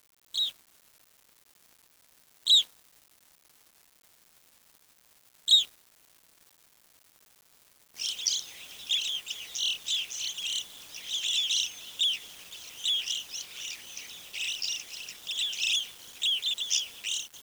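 Bird chirping: three isolated high, sharp chirps spaced a few seconds apart, then continuous busy high twittering for the rest.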